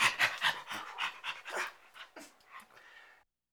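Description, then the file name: Chimpanzee pants: a rapid series of harsh, breathy grunts, loud at first and then fading away. "Chimpanzee Voice"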